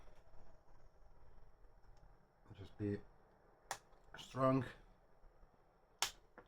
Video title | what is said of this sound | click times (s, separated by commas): 3rd party GUNDAM RX-93 NU metal painted the easy way | Nice satisfying click as usual. | 6.0 s